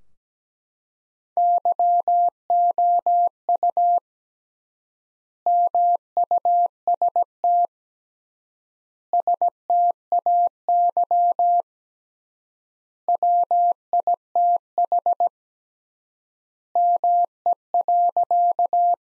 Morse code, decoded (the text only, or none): YOU MUST STAY WITH ME.